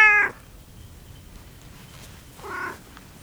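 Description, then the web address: Cat meowing: a short loud meow with clear harmonics at the start, then quiet, then a softer fainter meow near the end. Farmyard cat, meowing. "macska doromboloesnyavogomacska leggyel gorestanya"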